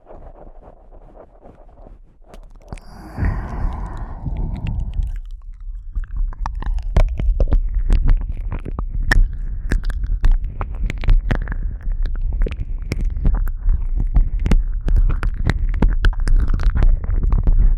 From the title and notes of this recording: ASMR Christmas Ear Eating.